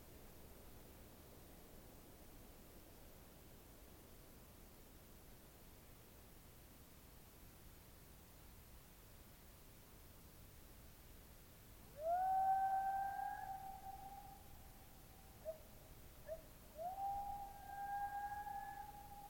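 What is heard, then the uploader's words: Dawn outdoors in open country: a steady, soft hiss of air fills the first twelve seconds. Then a loud, clear whistling call rises and holds, followed by a few short notes near sixteen seconds and another long, slightly rising whistle to the end. Dawn near the Coffin Game Reserve in the Colockum Wildlife Area in central Washington. A herd of elk bedded down for the evening across the meadow from my tent. The recording itself was pretty darn far away. There is a very light amount of noise reduction.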